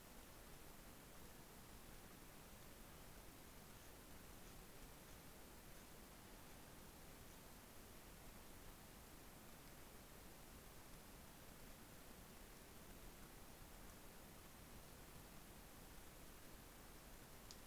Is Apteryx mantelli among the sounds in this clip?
no